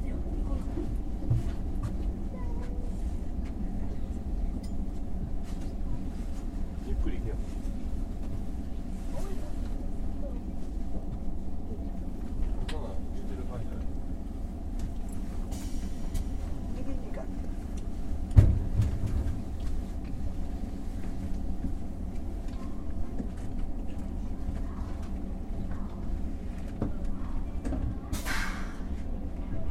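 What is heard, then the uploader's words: Running sound aboard the sleeper limited express Nihonkai: a steady, dense low rumble with faint humming tones held above it throughout. A single sharp knock lands around eighteen seconds, and a brief brighter hiss rises near the end. 寝台特急日本海 青森到着アナウンス・走行音. It is a running sound of about 7 minutes until the arrival at Aomori Station, the final stop. Sleeper limited express Nihonkai Aomori arrival announcement and running sound.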